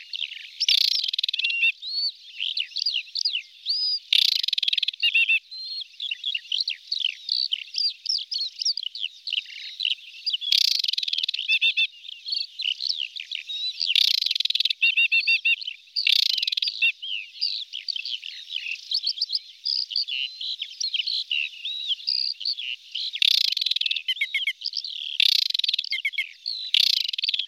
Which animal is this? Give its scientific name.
Acrocephalus paludicola